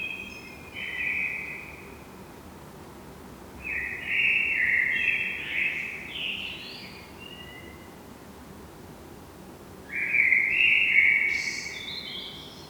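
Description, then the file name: Eurasian blackbird delivering a short fluty note, a longer warbled phrase with high twitters, and a final mellow phrase topped by squeaky notes. "Turdus merula"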